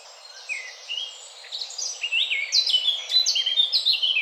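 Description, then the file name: Eurasian blackcap song: warbling that builds from soft notes into a brisk, varied stream of whistled and scratchy phrases. "Sylvia atricapilla"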